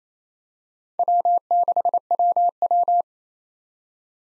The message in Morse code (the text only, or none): W6WW